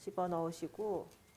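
Snap button halves are being fitted on the opposite side of a fabric pouch, with a hole poked by an awl and the button inserted before being pressed closed by hand. Someone talks throughout the short clip, and nothing has seated or clicked yet.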